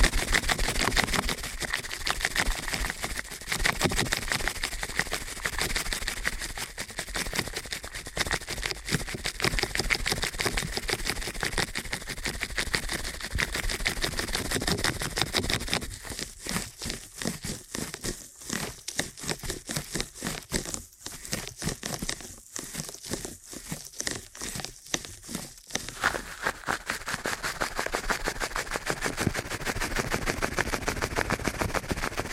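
Ear cleaning done at a fast pace, a dense run of scratchy, crinkling rubs and clicks that fills the whole clip. From about 16 to 26 seconds the sound breaks into quicker, choppier bursts with brief gaps, then returns to a steady rustle.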